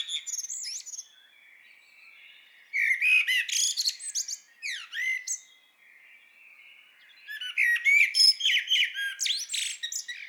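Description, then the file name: Common blackbird song in three bursts of mixed warbles, steep slurred notes and high twitters, separated by quiet pauses of a second or two. "Turdus merula"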